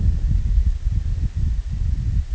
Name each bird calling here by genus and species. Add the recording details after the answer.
none. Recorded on Arctic tundra, site IGLO-D, on 25 June 2018. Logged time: 08:00